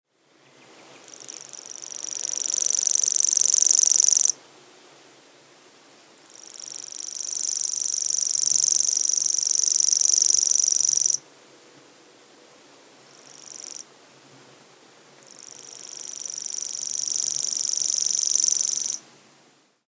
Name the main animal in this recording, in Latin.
Locustella naevia